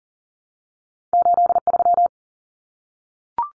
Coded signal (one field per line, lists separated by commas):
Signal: Morse code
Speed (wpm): 40 wpm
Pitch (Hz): 700 Hz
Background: none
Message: 83